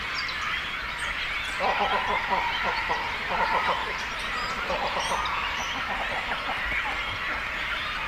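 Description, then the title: Many cormorants calling together, harsh wheezing chatter broken by bursts of deep, stuttering croaks in the first half and again midway. Breeding cormorant colony with chicks, at Zemitz, Germany. "Zemitz, Deutschland - Kormorane brüten (mit Jungvögeln). breeding cormorants (with children)"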